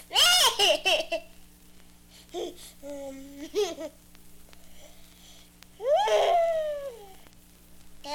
Baby sneezing laughing playing.